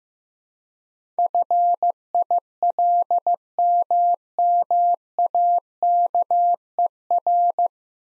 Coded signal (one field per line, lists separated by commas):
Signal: Morse code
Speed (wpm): 15 wpm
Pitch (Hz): 700 Hz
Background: none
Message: FILMMAKER